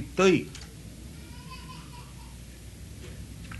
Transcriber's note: child crying